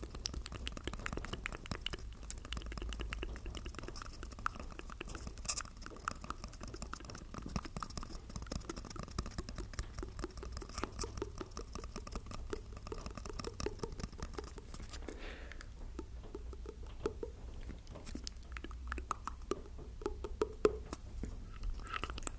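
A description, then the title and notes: Quiet mouth sounds: dense wet clicks and smacks patter steadily throughout, with a low hum underneath. ASMR Tascam Vs Blue Yeti Nano Vs OG Blue Yeti Comparison. (MOUTH SOUNDS).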